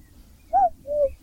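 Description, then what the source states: Common Cuckoo giving its two-note cuckoo call, a higher first note falling to a lower second, over a faint low rumble. Heard on heathland at the forest edge during a search for nightjars.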